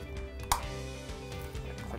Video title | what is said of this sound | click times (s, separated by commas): How To Setup Your Office For YouTube Videos | or I can use a battery that clicks right into place | 0.5 s